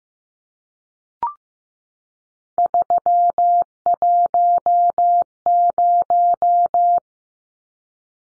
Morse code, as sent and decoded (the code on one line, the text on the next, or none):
...-- .---- -----
310